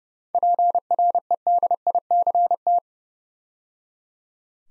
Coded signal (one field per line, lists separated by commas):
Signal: Morse code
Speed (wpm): 30 wpm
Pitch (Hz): 700 Hz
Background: none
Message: PREDICT